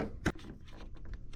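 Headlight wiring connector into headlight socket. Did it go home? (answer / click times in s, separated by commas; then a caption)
no / none. A headlight wiring connector is pushed into the headlight socket of an R32 after the bumper is refitted; the locking tabs on the plastic connectors are broken. There is a short knock of plastic handling near 0.3 s, then faint light taps and rustling. The connector goes in, but nothing has seated or clicked yet.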